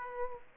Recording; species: mosquito wingbeat signal from an infrared sensor; Aedes aegypti